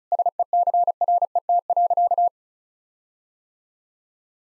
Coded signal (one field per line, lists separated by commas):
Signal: Morse code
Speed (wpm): 35 wpm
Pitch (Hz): 700 Hz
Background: none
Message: SECRET.